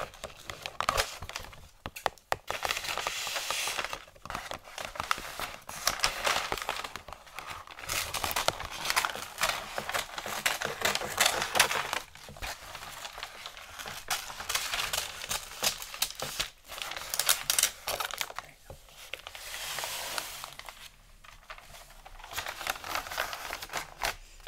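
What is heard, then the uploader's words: Gift wrapping: dense, bright crinkling of paper runs almost without pause, swelling and easing in irregular bursts. Sharp cracks and crisp rustles punctuate it, with brief quieter gaps near two, twelve and twenty-one seconds. Xmas Gift Wrapping Intense Crinkle, Tape, Scissors Sounds.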